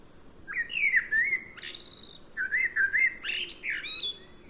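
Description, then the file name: Common blackbird song: two fluted, warbling phrases, each ending in a higher squeaky twitter, over a faint low background hiss. "Turdus merula"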